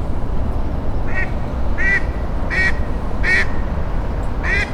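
Duck quacking, five separate nasal quacks over a steady low rumble of background noise.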